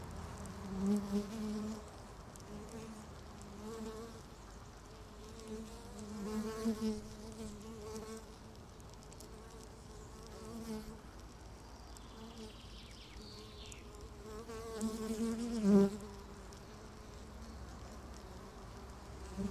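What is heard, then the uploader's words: A beehive hums with a steady, dense buzz of many bees, a low drone with a clear pitch that swells and fades. Louder passes come around one, six to seven, and fifteen to sixteen seconds, with a sharp buzzing peak near sixteen seconds. No binaural recording... Beehive.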